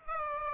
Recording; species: mosquito wingbeat signal from an infrared sensor; Aedes aegypti